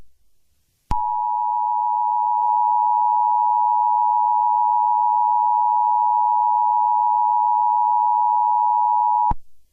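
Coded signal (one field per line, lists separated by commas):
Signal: Emergency Alert System (SAME) tones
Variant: 853 and 960 Hz attention tone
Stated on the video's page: Fictional alert scenario.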